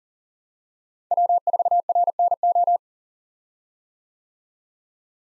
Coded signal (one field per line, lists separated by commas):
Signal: Morse code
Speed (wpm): 38 wpm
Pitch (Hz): 700 Hz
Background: none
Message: W4RNO